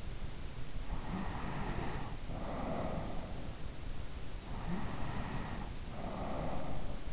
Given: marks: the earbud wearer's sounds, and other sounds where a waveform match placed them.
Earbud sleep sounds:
sounds in sleep by an in-ear microphone; breath, body movement
0.88-3.41 s: breath
4.36-7.13 s: body movement

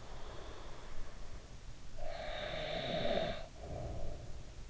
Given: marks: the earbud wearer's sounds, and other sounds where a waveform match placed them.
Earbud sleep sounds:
sounds in sleep by an in-ear microphone; snoring breath
1.66-4.69 s: snoring breath

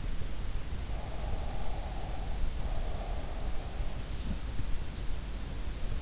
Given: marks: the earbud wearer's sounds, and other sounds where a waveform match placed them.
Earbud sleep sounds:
sounds in sleep by an in-ear microphone; breath
0.99-3.45 s: breath

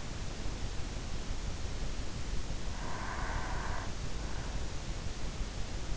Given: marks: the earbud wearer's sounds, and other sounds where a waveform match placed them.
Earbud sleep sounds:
sounds in sleep by an in-ear microphone; breath
2.33-4.34 s: breath

